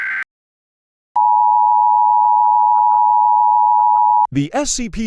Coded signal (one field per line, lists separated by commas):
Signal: Emergency Alert System (SAME) tones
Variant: 853 and 960 Hz attention tone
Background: speech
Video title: EAS Scenario - Escaped SCP Patient